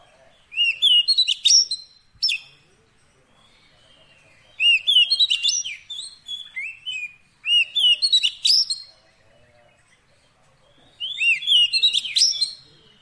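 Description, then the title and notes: Oriental magpie-robin singing in four separate bursts of sharp whistles, slurred notes and harsh buzzes, with quiet gaps between phrases. Long-duration fill-in (isian) song meant to make a kacer sing vigorously (gacor) day and night. "Kacer Jadi Gacor Siang Malam. Isian Kacer Durasi Panjang"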